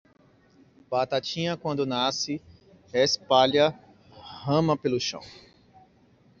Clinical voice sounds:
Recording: short text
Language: Brazilian Portuguese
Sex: male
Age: 30 to 39 years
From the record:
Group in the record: control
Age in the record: 34 years

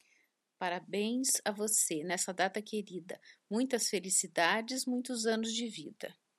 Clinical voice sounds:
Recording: short text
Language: Brazilian Portuguese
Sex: female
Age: 60 to 69 years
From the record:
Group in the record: control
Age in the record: 61 years

